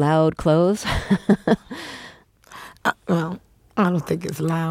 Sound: soundbite of laughter

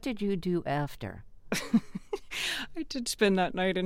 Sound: laughter

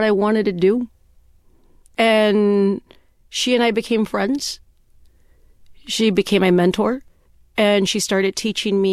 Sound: none

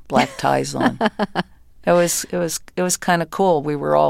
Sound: soundbite of laughter

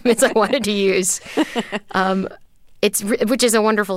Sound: laughter

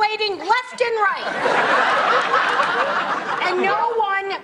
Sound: laughter

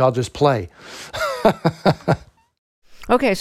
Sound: laughter

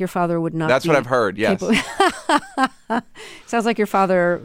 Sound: laughter

